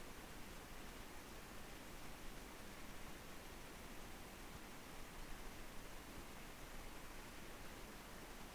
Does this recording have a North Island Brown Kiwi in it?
no